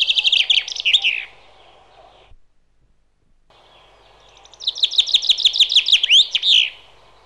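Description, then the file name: Common chaffinch song: a rapid trill of bright notes, then a pause, then a second phrase of repeated notes ending in a sharp flourish. "Buchfink"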